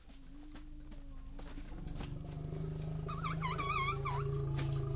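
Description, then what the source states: Asian elephant rumbling with a long, deep, steady tone, joined after three seconds by higher wavering squeaky notes that rise and fall. Thailand.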